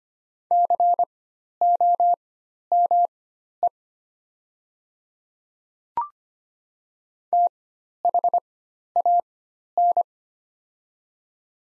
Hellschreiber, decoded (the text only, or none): none